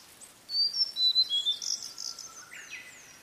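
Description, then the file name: Blue-and-white flycatcher song: several high level whistles stepping downward, then a cluster of rough, buzzy notes trailing off softly. "oruri"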